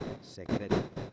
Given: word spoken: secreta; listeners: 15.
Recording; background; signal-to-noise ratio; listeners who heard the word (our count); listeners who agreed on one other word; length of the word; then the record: one Spanish word in noise, from a listening test; noise modulated by one talker; -11.7 dB; 0 of 15; 13 of 15; 0.74 s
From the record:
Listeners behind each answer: 13, 1, 1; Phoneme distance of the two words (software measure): 10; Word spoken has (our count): 3 syllables, 7 phonemes, stress on syllable 2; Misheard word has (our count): 3 syllables, 7 phonemes, stress on syllable 2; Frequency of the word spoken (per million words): 15.73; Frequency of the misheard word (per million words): 62.61